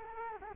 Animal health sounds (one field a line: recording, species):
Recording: mosquito wingbeat signal from an infrared sensor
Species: Culex quinquefasciatus